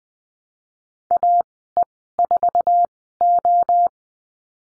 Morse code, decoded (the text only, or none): AE4O